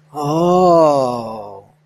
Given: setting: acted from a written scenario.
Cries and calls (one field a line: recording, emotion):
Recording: vocal sound without words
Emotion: realization